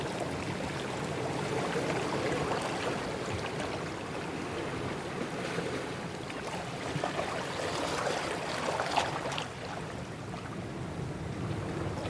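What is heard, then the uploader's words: Gentle waves wash steadily over shoreline rocks, a dense fizz and rumble with a brighter splash around nine seconds. Ocean Waves at a Shallow Rockpool. The calming sound of gentle waves crashing over rocks by the ocean shore.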